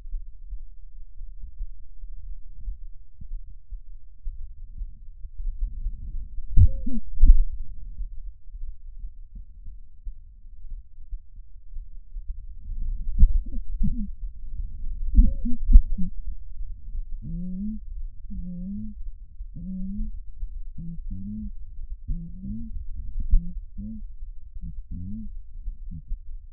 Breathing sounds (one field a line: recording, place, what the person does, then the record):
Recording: lung sounds by stethoscope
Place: right anterior apical chest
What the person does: quiet breathing, then cough and speech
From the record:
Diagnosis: COPD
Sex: female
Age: 68 years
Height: 150 cm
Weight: 70 kg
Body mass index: 31.1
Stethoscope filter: bell mode